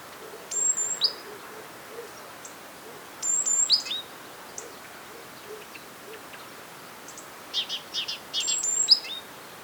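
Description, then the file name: Great tit calls: short harsh chattering bursts near the start, middle and end, with sharp high whistled notes and soft low notes below. "Parus major"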